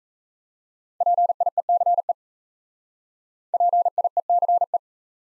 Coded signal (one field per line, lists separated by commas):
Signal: Morse code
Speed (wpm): 37 wpm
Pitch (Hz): 700 Hz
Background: none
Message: PIECE PIECE